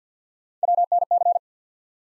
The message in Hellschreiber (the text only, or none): none